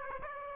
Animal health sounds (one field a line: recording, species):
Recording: mosquito wingbeat signal from an infrared sensor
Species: Aedes aegypti